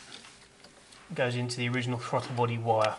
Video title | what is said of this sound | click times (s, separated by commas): KTR THROTTLE BODY KIT INSTALLATION - PART 3 | the TPS end, clicks into place, and then the other end | 0.1 s